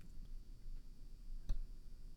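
Loud, low, continuous gurgling rumble from an adult's belly, heard with the microphone held against it, with one sharp click; ordinary stomach rumbling.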